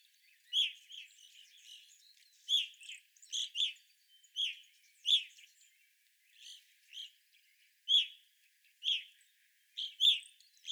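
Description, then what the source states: Evening grosbeak calls, ringing chirps given singly or in pairs every second or so, with softer chatter in between. Several evening grosbeaks recorded on 25 April 2021.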